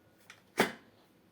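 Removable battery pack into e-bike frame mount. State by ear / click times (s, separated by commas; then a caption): seated / 0.6 s. The removable battery pack of a KUBA BM8 PRO e-bike, taken out for home charging, is pushed back into its frame mount. A faint tap at 0.3 s comes before a sharp knock at 0.6 s as the battery seats, and it is then locked in place.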